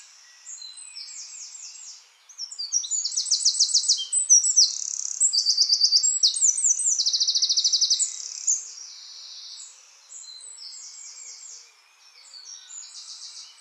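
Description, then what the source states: Eurasian wren singing loudly: an explosive run of high, tinkling notes and rattling trills from about two to eight and a half seconds, with quieter high chatter before and after. Subspecies indigenus.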